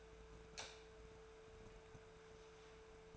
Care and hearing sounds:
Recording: daily activity, microphone in the room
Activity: light on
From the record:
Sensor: 2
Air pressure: 1014.6 hPa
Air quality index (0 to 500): 188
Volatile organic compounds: 15 ppm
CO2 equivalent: 2487 ppm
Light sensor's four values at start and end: 19/47/20/22 and 29/77/32/35

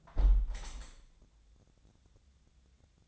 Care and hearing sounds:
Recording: daily activity, microphone in the room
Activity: close window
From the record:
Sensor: 3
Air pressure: 1014.9 hPa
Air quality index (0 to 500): 25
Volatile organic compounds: 0 ppm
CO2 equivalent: 500 ppm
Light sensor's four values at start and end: 10/22/9/9 and 10/22/9/9

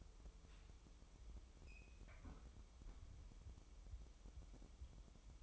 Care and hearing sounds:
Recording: daily activity, microphone in the room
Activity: close fridge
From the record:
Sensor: 1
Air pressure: 988.4 hPa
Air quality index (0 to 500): 199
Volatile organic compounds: 1000 ppm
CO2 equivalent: 5318 ppm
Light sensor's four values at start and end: 26/98/37/38 and 26/98/37/38

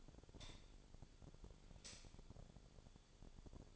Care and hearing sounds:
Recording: daily activity, microphone in the room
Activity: light on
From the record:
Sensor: 5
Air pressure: 1009.9 hPa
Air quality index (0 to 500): 159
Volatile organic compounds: 4 ppm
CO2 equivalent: 1551 ppm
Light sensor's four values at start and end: 194/492/203/219 and 194/493/204/219

